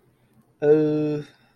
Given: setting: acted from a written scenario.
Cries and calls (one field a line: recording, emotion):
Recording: vocal sound without words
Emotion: confusion